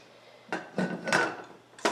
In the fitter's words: so get that lined up there we go and it it locks into place at that point